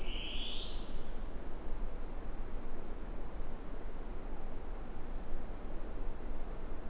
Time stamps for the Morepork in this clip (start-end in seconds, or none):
4.22-4.96